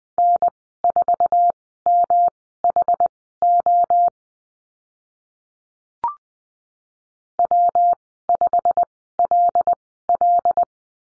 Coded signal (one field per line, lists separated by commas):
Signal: Morse code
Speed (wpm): 20 wpm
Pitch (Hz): 700 Hz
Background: none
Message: N4MHO W5LL